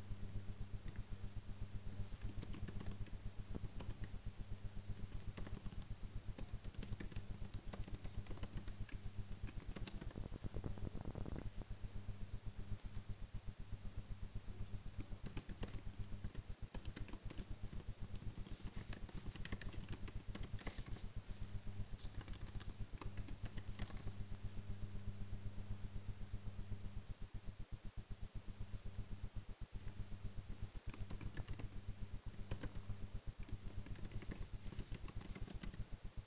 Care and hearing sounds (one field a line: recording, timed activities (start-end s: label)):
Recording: household activities, microphone on the right wrist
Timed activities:
0.00-36.27 s: working on the computer